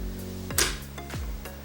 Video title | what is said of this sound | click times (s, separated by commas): FPV Computer Build (Part 2 The build) | There's both of them clicked in at the same time. | 0.6 s